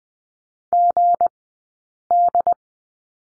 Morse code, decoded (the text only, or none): GD